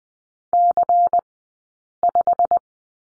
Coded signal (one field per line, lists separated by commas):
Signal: Morse code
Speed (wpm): 20 wpm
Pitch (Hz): 700 Hz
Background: none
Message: C5